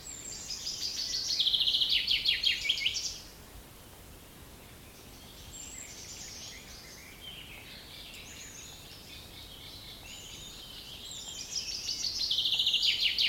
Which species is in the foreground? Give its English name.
Common Chaffinch